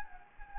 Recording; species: mosquito wingbeat signal from an infrared sensor; Anopheles gambiae